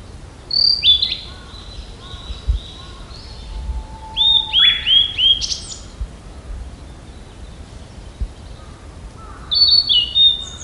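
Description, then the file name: Blue-and-white flycatcher song: clear high whistled phrases sliding and warbling, given in short bursts with pauses; a faint lower whistle runs beneath. "ooruri"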